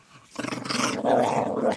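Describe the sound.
Fox giving a harsh, raspy growling cry that starts abruptly and grows louder for over a second before cutting off.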